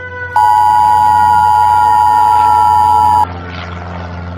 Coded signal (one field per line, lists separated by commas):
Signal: Emergency Alert System (SAME) tones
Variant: 853 and 960 Hz attention tone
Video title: EAS SCENARIO: ZOMBIE APOCALYPSE PART 1